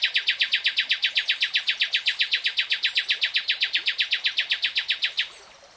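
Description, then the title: Nightingale delivering one long, even string of loud identical notes, steady for about five seconds before cutting off. Real-time recording. "[Tiếng chim hót] REALTIME Nightingale Singing"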